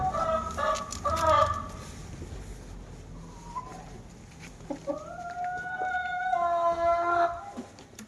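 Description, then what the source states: Chicken clucks over a steady low background rumble, with a drawn-out cackling phrase in the second half. Hens cackling while eating in the recordist's own henhouse.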